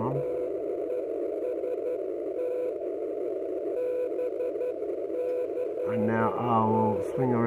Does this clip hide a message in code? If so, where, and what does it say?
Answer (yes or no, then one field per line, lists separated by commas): yes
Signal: Morse code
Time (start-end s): 0.2-7.3 s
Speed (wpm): 11 wpm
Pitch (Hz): 500 Hz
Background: speech, radio noise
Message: TEST BCN